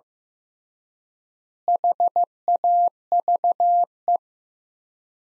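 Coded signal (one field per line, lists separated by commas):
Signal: Morse code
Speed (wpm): 15 wpm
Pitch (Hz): 700 Hz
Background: none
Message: HAVE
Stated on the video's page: Morse practice at 15 wpm, sets of five words sent with 3x word spacing, a word-based analogue of Farnsworth spacing; head-copy drill with each set then spoken.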